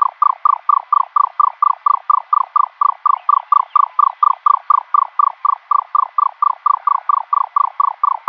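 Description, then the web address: Egyptian nightjar display: a steady, rapid series of hollow, knocking pulses, even in pitch and loudness throughout. Male display. "Schulze Peter Egyptian Nightjar"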